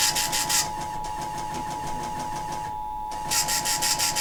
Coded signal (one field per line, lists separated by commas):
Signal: Emergency Alert System (SAME) tones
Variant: 853 and 960 Hz attention tone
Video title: 4 Child Abduction Emergencies || 2/14/24 (EAS #2,318-2,321)